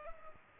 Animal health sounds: mosquito wingbeat signal from an infrared sensor; Culex pipiens

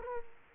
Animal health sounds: mosquito wingbeat signal from an infrared sensor; Culex quinquefasciatus

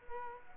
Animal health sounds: mosquito wingbeat signal from an infrared sensor; Culex quinquefasciatus

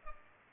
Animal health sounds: mosquito wingbeat signal from an infrared sensor; Culex pipiens

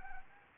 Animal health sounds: mosquito wingbeat signal from an infrared sensor; Anopheles arabiensis

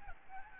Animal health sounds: mosquito wingbeat signal from an infrared sensor; Aedes albopictus

